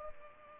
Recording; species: mosquito wingbeat signal from an infrared sensor; Culex pipiens